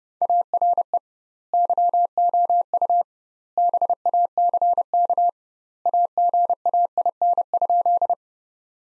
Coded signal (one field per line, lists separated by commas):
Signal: Morse code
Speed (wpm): 31 wpm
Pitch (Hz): 700 Hz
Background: none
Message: ARE YOU BACK AGAIN?